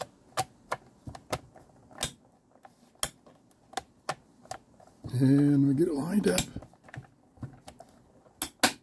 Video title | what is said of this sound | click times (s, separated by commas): TRRS #2408 - Orange - Zenith AM/FM Portable Radio | there Clicks in place got to get it perfectly lined up | 8.4 s, 8.6 s